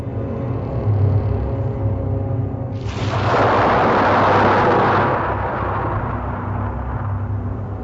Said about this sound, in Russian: Другой конец степи. Буря продолжается.